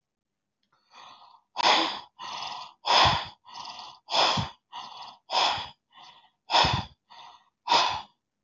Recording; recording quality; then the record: shallow breathing; excellent, no background noise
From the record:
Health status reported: healthy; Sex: male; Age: 58 years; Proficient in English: yes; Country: India